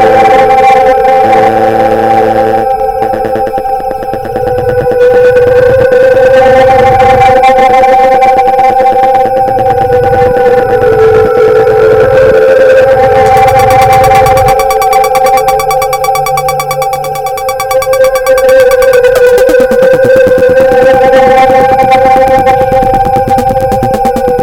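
A mix of environmental sounds and hard blips, held at a steady loud level for the whole clip. Two sustained ringing tones run underneath throughout, while dense, rapid clicking blips and low rumbling layers shift in and out, thinning briefly around fifteen seconds.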